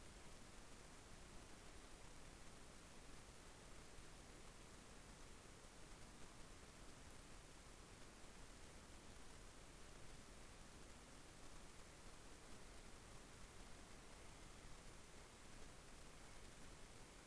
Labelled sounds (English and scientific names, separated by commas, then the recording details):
North Island Brown Kiwi (Apteryx mantelli) male call
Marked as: faintness 5/5
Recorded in New Zealand on 18 December 2013
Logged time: 22:59
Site CJ71